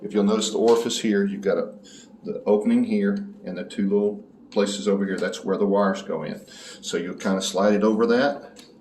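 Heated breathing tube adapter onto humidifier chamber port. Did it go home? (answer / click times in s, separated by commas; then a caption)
no / none. A heated breathing tube's plastic tubing adapter is handled at a humidifier chamber port, where the opening and two small places for the wires line up as it is about to be slid over. Someone talks throughout. Nothing has seated or clicked yet.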